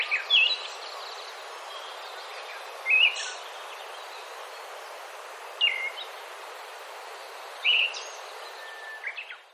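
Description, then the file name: Siberian thrush giving thin, high single call notes every few seconds against constant background hiss. "mamijiro"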